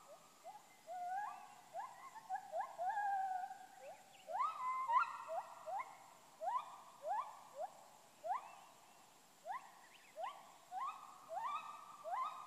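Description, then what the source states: Gibbons calling in chorus, with overlapping rising whoops and wavering notes that come in bursts about every second or two, building then thinning out. Gibbons calling in Khao Yai National Park, Thailand.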